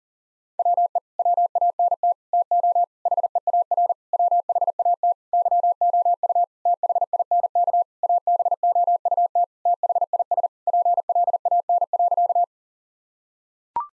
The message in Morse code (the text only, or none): WE WANT TO HEAR WHAT YOU THINK ABOUT THIS PLAN.